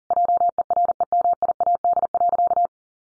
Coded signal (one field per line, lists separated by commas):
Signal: Morse code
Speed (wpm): 40 wpm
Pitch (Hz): 700 Hz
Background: none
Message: JEREMIAD.